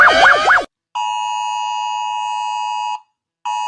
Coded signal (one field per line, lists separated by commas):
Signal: Emergency Alert System (SAME) tones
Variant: 853 and 960 Hz attention tone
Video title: Rating Other Countries EAS Alarms Before It Becomes Irrelevant